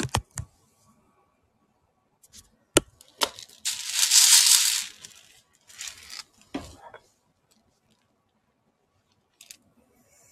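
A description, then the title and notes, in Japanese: Hand picking, heard as sparse, sharp clicks and small clattering taps with quiet gaps between them. Around the fourth second a brighter, hissing rattle of handling lasts about a second, then a few scattered ticks return near six and nine seconds. ハンドピッキング。Sujataはお話はいたしません。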